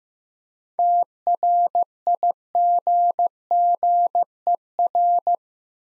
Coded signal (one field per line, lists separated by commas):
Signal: Morse code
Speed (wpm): 15 wpm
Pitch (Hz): 700 Hz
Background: none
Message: TRIGGER